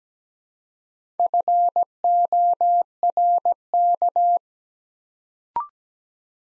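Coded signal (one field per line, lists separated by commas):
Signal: Morse code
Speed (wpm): 17 wpm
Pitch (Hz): 700 Hz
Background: none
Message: FORK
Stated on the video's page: Morse practice set at 17 wpm, letters sent one at a time building four-letter words, for beginners working on instant character recognition.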